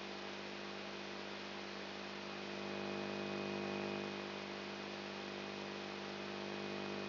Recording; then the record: brain microelectrode recording played as sound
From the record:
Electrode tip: outside the subthalamic nucleus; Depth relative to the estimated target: -8 mm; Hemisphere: right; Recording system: AlphaMap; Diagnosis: Parkinson's disease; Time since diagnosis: 7 years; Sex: female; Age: 55 years